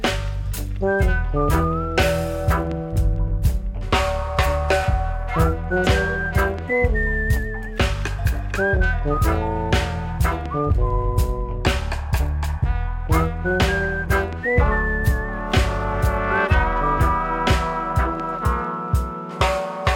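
human whistling a tune

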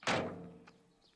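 car door closing

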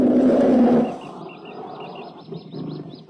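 bear roaring

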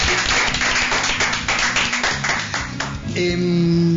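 applause

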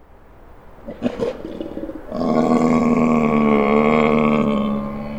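bear roaring

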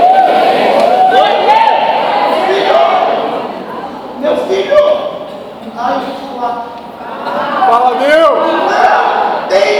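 audience shouting loudly

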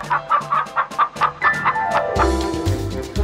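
hen clucking

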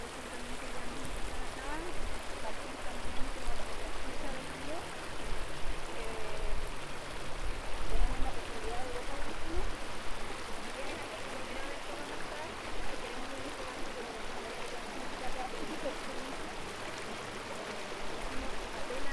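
flowing river stream water

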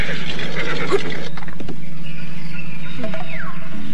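horse neighing

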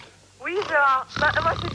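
man snoring

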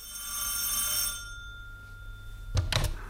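telephone bell ringing

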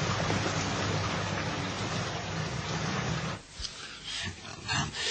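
rain falling at night

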